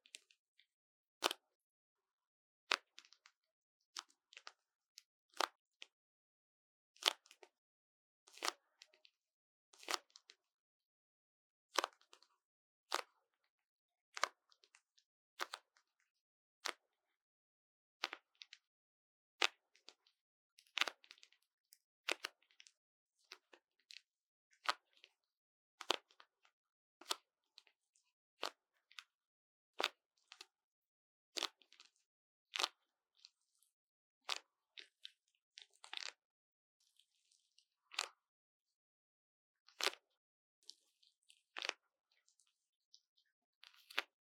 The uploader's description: The sound of the syringe absorbing water and making a popping sound